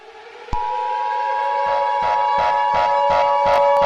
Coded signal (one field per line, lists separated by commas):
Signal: Emergency Alert System (SAME) tones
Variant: 853 and 960 Hz attention tone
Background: music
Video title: EAS scenario my little pony